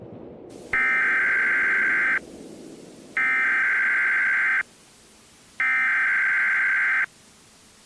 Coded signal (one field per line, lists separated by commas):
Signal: Emergency Alert System (SAME) tones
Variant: header bursts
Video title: EAS Scenario: Cloverfield